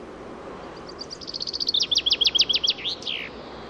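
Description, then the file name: Chaffinch song phrase: a quick run of thin notes building into a louder descending trill, closing with a short buzzy flourish; light ambient hiss beneath. "Fringilla coelebs"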